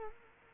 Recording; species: mosquito wingbeat signal from an infrared sensor; Culex quinquefasciatus